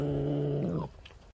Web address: tejon. senda zorro